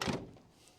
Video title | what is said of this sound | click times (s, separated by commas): 1949 Chevrolet Deluxe - Will It Run And Drive Again??? Solid Survivor Off the Road Since the 1980s! | That door doesn't latch, but that's okay. | none